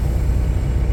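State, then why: Not seated. A truck backs gently under a trailer to bring the trailer's steel kingpin into the fifth wheel jaws, with a steady low engine rumble throughout. The jaws have not locked onto the kingpin yet, and nothing has seated or clicked.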